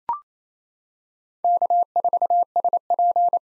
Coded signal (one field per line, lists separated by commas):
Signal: Morse code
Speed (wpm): 28 wpm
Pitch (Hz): 700 Hz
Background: none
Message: K4SP